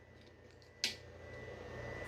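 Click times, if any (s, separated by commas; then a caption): 0.8 s. A wiring connector is plugged into the port on the back of the instrument gauge of a Throne SRPNT e-moto, a connection needed for the gauge to display anything. A sharp plastic click sounds at 0.8 s over a low steady hum. The connector clicks into place and is seated.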